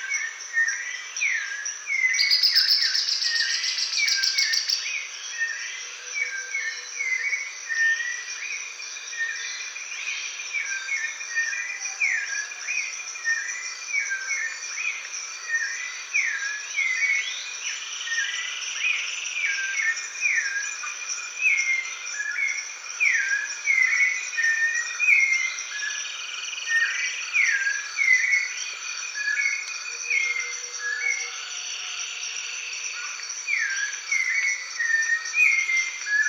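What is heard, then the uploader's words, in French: Dawn in a coastal forest in Brazil: a dense, unbroken chorus of insects hums steadily in a high band throughout. Over it, many birds chirp and call in quick overlapping bursts, with a few longer whistled notes, and a sharp bright squeal near the start. A l'aube dans une forêt côtière (Brésil) by SolWind.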